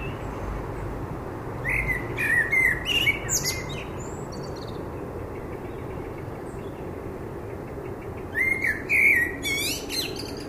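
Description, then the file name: Common blackbird singing two separate phrases several seconds apart, each a mellow fluted warble ending in high, scratchy twitters, with a quiet pause between them. "Turdus merula"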